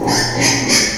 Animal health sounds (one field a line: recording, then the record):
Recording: squeal of a Yucatan mini pig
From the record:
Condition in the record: before surgery on the right vocal fold (resection and tissue-engineered implant)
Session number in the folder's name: 2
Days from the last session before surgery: 0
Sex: male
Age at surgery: 12 weeks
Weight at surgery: 13 kg